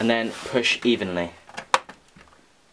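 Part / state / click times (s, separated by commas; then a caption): DDR4 memory module into motherboard DIMM slot / seated / 1.7 s. A Corsair Dominator Platinum DDR4 2666MHz memory stick is pushed evenly into a motherboard DIMM slot while someone talks. A few faint knocks lead up to one sharp, loud click at 1.7 s as the retention clip snaps shut and the RAM module seats, followed by a couple of softer taps.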